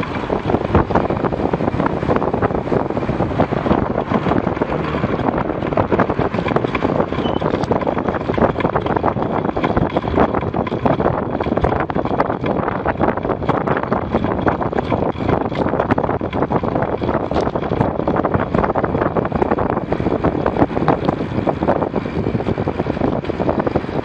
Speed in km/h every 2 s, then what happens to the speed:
27, 27, 28, 28, 30, 29, 29, 28, 27, 24, 23, 18.
0-15 steady at about 28. 15-24 slows to 18.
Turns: none.